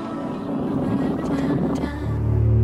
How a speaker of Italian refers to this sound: Ehi, guarda un po'. È la prima barca in 3 settimane.